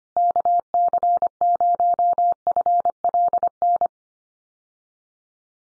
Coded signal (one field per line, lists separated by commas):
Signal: Morse code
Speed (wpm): 25 wpm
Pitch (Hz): 700 Hz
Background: none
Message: KC0FLN